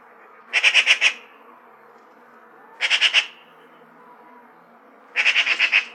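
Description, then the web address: Eurasian magpie rattling out three harsh chattering bursts, each of four to six rapid notes, separated by roughly two-second pauses. "сорока"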